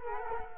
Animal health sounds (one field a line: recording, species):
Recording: mosquito wingbeat signal from an infrared sensor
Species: Culex quinquefasciatus